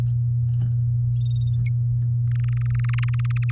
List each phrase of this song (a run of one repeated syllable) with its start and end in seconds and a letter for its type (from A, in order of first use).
2.31-3.51 A